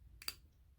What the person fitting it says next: I love how you can hear it click into place and snap. That's amazing.